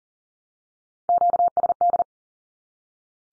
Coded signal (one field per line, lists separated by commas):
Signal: Morse code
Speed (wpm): 40 wpm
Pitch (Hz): 700 Hz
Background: none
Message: QSD